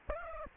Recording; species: mosquito wingbeat signal from an infrared sensor; Aedes aegypti